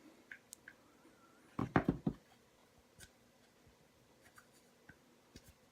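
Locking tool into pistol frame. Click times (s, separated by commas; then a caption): 1.8 s. A small locking tool is pushed straight into the frame of a Beretta APX pistol to reassemble it after the back strap is changed. A quick burst of sharp clicks sounds between about 1.6 and 2.1 s, loudest at 1.8 s, with faint ticks before and after in a quiet background. The tool clicks back into place and is seated.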